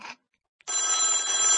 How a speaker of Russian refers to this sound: Так еще раз звонит, вы не возьмете разве?